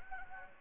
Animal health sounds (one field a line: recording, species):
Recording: mosquito wingbeat signal from an infrared sensor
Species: Anopheles gambiae